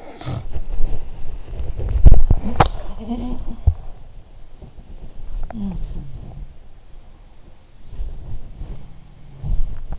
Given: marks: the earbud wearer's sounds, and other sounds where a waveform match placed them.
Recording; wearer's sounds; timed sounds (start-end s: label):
sounds in sleep by an in-ear microphone; body movement
0.00-4.25 s: body movement
2.46-3.83 s: sound from someone else or the room
4.51-6.59 s: sound from someone else or the room
8.58-9.99 s: sound from someone else or the room